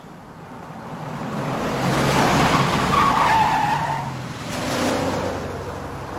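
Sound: street traffic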